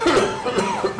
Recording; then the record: coughing mixed with background sound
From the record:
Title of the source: Mid-morning Winter Coughing Fit